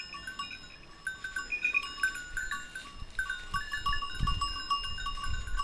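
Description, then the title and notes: Goats' bells tinkle at random in bright, ringing clusters, with a few soft low thumps. A few goats grazing on a sloping meadow, their bells tinkling at random; Montcel near Chambéry, Savoie, France. "Village Tipi, Route du Revard, Chalets de la Clusaz, Montcel, Chambéry, Savoie, Auvergne-Rhône-Alpes, France métropolitaine, 73100, France - Les chèvres. Quelques chèvres broutent dans une prairie en pente, le raffiné tintement aléatoire de leurs clochettes empli l'espace, un discret criquet stridule dans les herbes"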